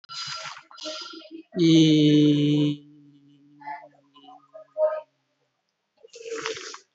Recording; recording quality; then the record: sustained vowel as in beet; excellent, no background noise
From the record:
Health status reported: COVID-19 positive, mild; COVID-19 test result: positive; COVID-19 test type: RT-PCR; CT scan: not taken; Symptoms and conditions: cough, cold, fever, fatigue, loss of smell and taste, hypertension, diabetes, another condition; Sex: male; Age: 56 years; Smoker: no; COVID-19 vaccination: none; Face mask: not worn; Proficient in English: yes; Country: India